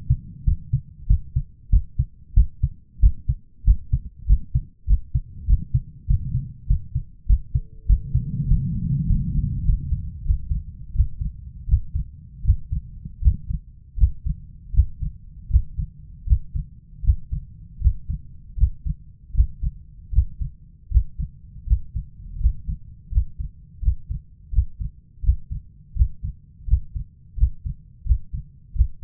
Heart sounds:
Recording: heart sounds by stethoscope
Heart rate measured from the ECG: 87 bpm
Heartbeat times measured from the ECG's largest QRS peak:
0.44 s: heartbeat
1.07 s: heartbeat
1.70 s: heartbeat
2.34 s: heartbeat
3.00 s: heartbeat
3.64 s: heartbeat
4.26 s: heartbeat
4.86 s: heartbeat
5.46 s: heartbeat
6.07 s: heartbeat
6.67 s: heartbeat
7.26 s: heartbeat
7.86 s: heartbeat
8.47 s: heartbeat
9.06 s: heartbeat
9.64 s: heartbeat
10.24 s: heartbeat
10.94 s: heartbeat
11.67 s: heartbeat
12.43 s: heartbeat
13.21 s: heartbeat
13.97 s: heartbeat
14.73 s: heartbeat
15.49 s: heartbeat
16.26 s: heartbeat
17.03 s: heartbeat
17.80 s: heartbeat
18.56 s: heartbeat
19.33 s: heartbeat
20.11 s: heartbeat
20.90 s: heartbeat
21.66 s: heartbeat
22.39 s: heartbeat
23.10 s: heartbeat
23.81 s: heartbeat
24.51 s: heartbeat
25.22 s: heartbeat
25.95 s: heartbeat
26.66 s: heartbeat
27.36 s: heartbeat
28.05 s: heartbeat
28.74 s: heartbeat
From the record:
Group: healthy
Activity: rest 0-8 s, Valsalva maneuver 8-29 s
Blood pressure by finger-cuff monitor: 146/104 mmHg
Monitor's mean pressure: 113 mmHg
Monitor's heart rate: 83 bpm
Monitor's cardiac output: 6.6 L/min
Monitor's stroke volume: 78 mL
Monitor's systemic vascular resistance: 1270 dyn s/cm5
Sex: male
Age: 23 years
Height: 179 cm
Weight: 87 kg

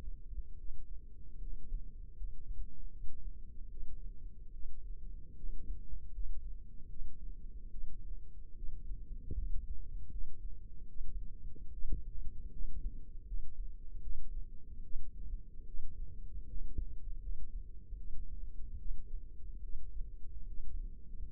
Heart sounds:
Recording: heart sounds by microphone in the left ear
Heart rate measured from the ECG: 75 bpm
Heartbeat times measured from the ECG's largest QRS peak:
0.58 s: heartbeat
1.40 s: heartbeat
2.16 s: heartbeat
2.91 s: heartbeat
3.70 s: heartbeat
4.53 s: heartbeat
5.36 s: heartbeat
6.12 s: heartbeat
6.88 s: heartbeat
7.71 s: heartbeat
8.56 s: heartbeat
9.36 s: heartbeat
10.10 s: heartbeat
10.88 s: heartbeat
11.72 s: heartbeat
12.51 s: heartbeat
13.26 s: heartbeat
14.02 s: heartbeat
14.83 s: heartbeat
15.66 s: heartbeat
16.48 s: heartbeat
17.21 s: heartbeat
17.97 s: heartbeat
18.78 s: heartbeat
19.62 s: heartbeat
20.47 s: heartbeat
21.26 s: heartbeat
From the record:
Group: healthy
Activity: rest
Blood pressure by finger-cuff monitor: 116/62 mmHg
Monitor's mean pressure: 80 mmHg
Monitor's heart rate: 74 bpm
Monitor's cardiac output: 6.7 L/min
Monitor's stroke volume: 90 mL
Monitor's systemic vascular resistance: 840 dyn s/cm5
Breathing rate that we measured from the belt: 16 breaths a minute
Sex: female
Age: 22 years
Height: 160 cm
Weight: 63 kg

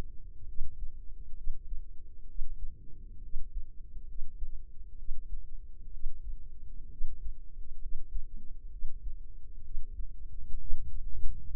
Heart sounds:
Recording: heart sounds by microphone in the left ear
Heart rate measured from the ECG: 65 bpm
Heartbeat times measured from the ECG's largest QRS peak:
0.44 s: heartbeat
1.33 s: heartbeat
2.25 s: heartbeat
3.19 s: heartbeat
4.04 s: heartbeat
4.94 s: heartbeat
5.89 s: heartbeat
6.87 s: heartbeat
7.78 s: heartbeat
8.68 s: heartbeat
9.60 s: heartbeat
10.56 s: heartbeat
11.49 s: heartbeat
From the record:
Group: healthy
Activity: rest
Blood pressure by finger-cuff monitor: 101/64 mmHg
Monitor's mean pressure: 75 mmHg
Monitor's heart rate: 65 bpm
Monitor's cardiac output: 5.3 L/min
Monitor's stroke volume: 82 mL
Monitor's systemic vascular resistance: 1020 dyn s/cm5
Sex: female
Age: 23 years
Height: 160 cm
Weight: 50.4 kg

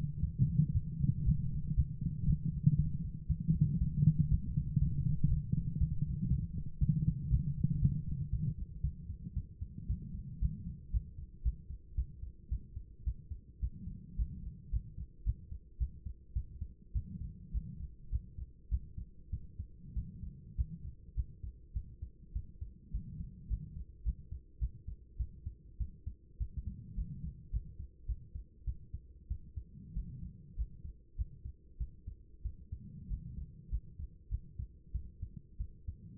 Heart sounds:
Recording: heart sounds by stethoscope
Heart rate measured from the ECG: 107 bpm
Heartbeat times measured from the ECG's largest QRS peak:
0.21 s: heartbeat
0.73 s: heartbeat
1.24 s: heartbeat
1.75 s: heartbeat
2.26 s: heartbeat
2.77 s: heartbeat
3.28 s: heartbeat
3.79 s: heartbeat
4.30 s: heartbeat
4.79 s: heartbeat
5.29 s: heartbeat
5.79 s: heartbeat
6.29 s: heartbeat
6.80 s: heartbeat
7.30 s: heartbeat
7.80 s: heartbeat
8.31 s: heartbeat
8.82 s: heartbeat
9.35 s: heartbeat
9.88 s: heartbeat
10.40 s: heartbeat
10.92 s: heartbeat
11.43 s: heartbeat
11.96 s: heartbeat
12.50 s: heartbeat
13.05 s: heartbeat
13.61 s: heartbeat
14.17 s: heartbeat
14.71 s: heartbeat
15.25 s: heartbeat
15.79 s: heartbeat
16.34 s: heartbeat
16.93 s: heartbeat
17.52 s: heartbeat
18.10 s: heartbeat
18.69 s: heartbeat
19.31 s: heartbeat
19.94 s: heartbeat
20.56 s: heartbeat
21.15 s: heartbeat
21.74 s: heartbeat
22.33 s: heartbeat
22.92 s: heartbeat
23.49 s: heartbeat
24.04 s: heartbeat
24.59 s: heartbeat
25.17 s: heartbeat
25.78 s: heartbeat
26.38 s: heartbeat
26.96 s: heartbeat
27.51 s: heartbeat
28.07 s: heartbeat
28.65 s: heartbeat
29.28 s: heartbeat
29.94 s: heartbeat
30.56 s: heartbeat
31.16 s: heartbeat
31.78 s: heartbeat
32.43 s: heartbeat
33.08 s: heartbeat
33.70 s: heartbeat
34.29 s: heartbeat
34.92 s: heartbeat
35.58 s: heartbeat
From the record:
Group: healthy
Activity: light exercise 0-10 s, rest 10-36 s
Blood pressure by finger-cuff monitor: 120/52 mmHg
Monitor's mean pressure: 76 mmHg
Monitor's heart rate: 104 bpm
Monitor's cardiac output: 11.5 L/min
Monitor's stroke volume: 108 mL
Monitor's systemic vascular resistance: 470 dyn s/cm5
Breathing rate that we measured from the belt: 19 breaths a minute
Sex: female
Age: 24 years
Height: 163 cm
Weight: 55.7 kg

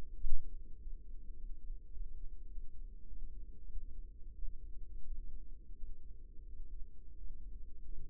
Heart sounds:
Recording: heart sounds by microphone in the right ear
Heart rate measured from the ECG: 94 bpm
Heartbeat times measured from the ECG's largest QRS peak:
0.22 s: heartbeat
0.78 s: heartbeat
1.35 s: heartbeat
1.91 s: heartbeat
2.49 s: heartbeat
3.08 s: heartbeat
3.69 s: heartbeat
4.34 s: heartbeat
5.04 s: heartbeat
5.75 s: heartbeat
6.46 s: heartbeat
7.16 s: heartbeat
7.85 s: heartbeat
From the record:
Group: healthy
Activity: rest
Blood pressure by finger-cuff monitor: 117/76 mmHg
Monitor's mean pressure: 86 mmHg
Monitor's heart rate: 103 bpm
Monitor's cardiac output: 6.5 L/min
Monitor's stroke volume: 63 mL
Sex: male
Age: 22 years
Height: 181 cm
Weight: 60 kg

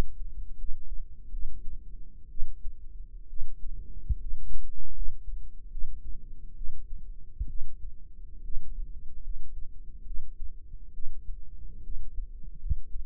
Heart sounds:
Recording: heart sounds by microphone in the right ear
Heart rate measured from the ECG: 70 bpm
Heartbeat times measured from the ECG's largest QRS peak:
0.57 s: heartbeat
1.31 s: heartbeat
2.30 s: heartbeat
3.28 s: heartbeat
4.19 s: heartbeat
4.93 s: heartbeat
5.70 s: heartbeat
6.56 s: heartbeat
7.48 s: heartbeat
8.43 s: heartbeat
9.22 s: heartbeat
10.05 s: heartbeat
10.93 s: heartbeat
11.82 s: heartbeat
12.59 s: heartbeat
From the record:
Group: healthy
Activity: rest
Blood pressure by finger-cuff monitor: 98/61 mmHg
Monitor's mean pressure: 72 mmHg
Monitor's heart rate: 71 bpm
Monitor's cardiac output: 6.3 L/min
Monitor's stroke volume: 88 mL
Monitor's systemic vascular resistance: 840 dyn s/cm5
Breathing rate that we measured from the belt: 15 breaths a minute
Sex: female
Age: 22 years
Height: 157 cm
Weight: 47.6 kg

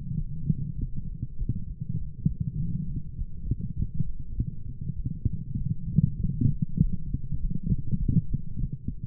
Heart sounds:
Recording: heart sounds by stethoscope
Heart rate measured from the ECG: 100 bpm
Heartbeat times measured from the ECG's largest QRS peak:
0.14 s: heartbeat
0.75 s: heartbeat
1.35 s: heartbeat
1.95 s: heartbeat
2.55 s: heartbeat
3.14 s: heartbeat
3.73 s: heartbeat
4.32 s: heartbeat
4.93 s: heartbeat
5.55 s: heartbeat
6.16 s: heartbeat
6.77 s: heartbeat
7.36 s: heartbeat
7.95 s: heartbeat
8.55 s: heartbeat
From the record:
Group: healthy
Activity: light exercise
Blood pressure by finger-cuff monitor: 136/84 mmHg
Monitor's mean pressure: 99 mmHg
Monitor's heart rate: 100 bpm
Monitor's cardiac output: 7.6 L/min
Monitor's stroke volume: 76 mL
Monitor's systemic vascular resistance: 960 dyn s/cm5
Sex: female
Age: 26 years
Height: 165 cm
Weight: 55 kg

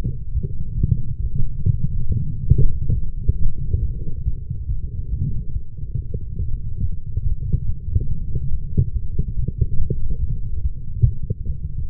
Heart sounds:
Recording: heart sounds by stethoscope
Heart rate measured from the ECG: 140 bpm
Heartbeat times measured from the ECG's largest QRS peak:
0.33 s: heartbeat
0.77 s: heartbeat
1.20 s: heartbeat
1.64 s: heartbeat
2.07 s: heartbeat
2.51 s: heartbeat
2.94 s: heartbeat
3.37 s: heartbeat
3.81 s: heartbeat
4.24 s: heartbeat
4.67 s: heartbeat
5.10 s: heartbeat
5.53 s: heartbeat
5.96 s: heartbeat
6.38 s: heartbeat
6.80 s: heartbeat
7.23 s: heartbeat
7.65 s: heartbeat
8.08 s: heartbeat
8.50 s: heartbeat
8.93 s: heartbeat
9.35 s: heartbeat
9.78 s: heartbeat
10.20 s: heartbeat
10.62 s: heartbeat
11.04 s: heartbeat
11.46 s: heartbeat
11.88 s: heartbeat
From the record:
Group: healthy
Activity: light exercise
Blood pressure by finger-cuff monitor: 89/82 mmHg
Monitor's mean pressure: 86 mmHg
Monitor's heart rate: 149 bpm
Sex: female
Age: 19 years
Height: 163 cm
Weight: 51 kg

